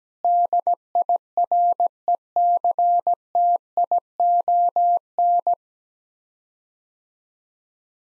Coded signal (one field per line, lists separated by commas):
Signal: Morse code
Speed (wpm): 17 wpm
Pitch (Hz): 700 Hz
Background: none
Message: DIRECTION